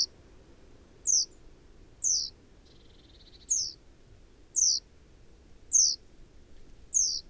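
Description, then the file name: Great tit calling with sharp, high, downslurred notes roughly once a second, with a faint fluttering sound between two of them and a quiet low rumble beneath. "Parus major"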